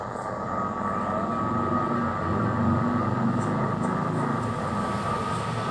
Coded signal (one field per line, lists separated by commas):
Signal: FT8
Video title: QSO MODE DIGITAL FT8 with HR5/F2JD from HONDURAS , 40 METER , Please SUBSCRIBE , LIKE and Share